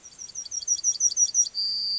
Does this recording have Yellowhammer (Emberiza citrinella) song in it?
yes